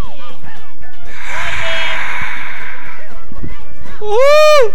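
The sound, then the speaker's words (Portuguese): A studio audience shouts hello greetings together at 7:25 in the evening, in a loud, overlapping burst of voices lasting about two seconds, followed by a single high, drawn-out call that rises and falls. “Essa foi a manifestação da plateia.”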